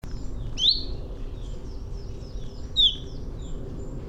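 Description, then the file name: Common chaffinch calls, two clear downslurred high notes about two seconds apart over steady low rumbling background noise, with faint other chirps between them. "Fringilla coelebs"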